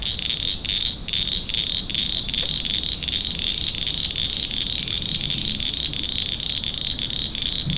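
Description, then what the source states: Northern cricket frog calls as a dense stream of sharp clicks, overlapping into a steady chattering band with a brief break near one second. Recorded in Maryland.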